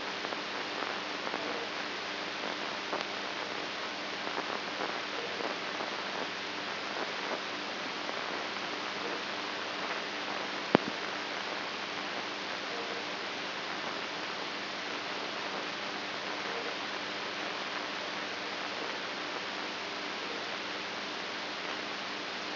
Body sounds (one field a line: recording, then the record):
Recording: brain microelectrode recording played as sound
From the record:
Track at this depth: outside the subthalamic nucleus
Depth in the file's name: 6.507 mm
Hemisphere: right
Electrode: 2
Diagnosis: Parkinson's disease